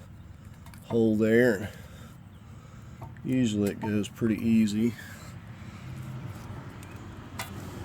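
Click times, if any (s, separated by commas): 7.4 s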